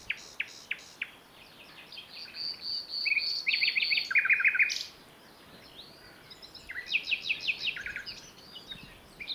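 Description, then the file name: Common nightingale song: sharp separate clicks, then a high drawn-out phrase ending in fast repeated notes, followed by another rapid, rhythmic series of chirps. "Luscinia megarhynchos"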